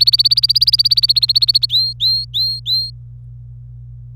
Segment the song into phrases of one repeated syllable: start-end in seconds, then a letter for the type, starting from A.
0.00-1.66 A, 1.69-2.90 B